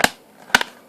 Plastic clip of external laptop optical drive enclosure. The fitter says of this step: that does not clip in very well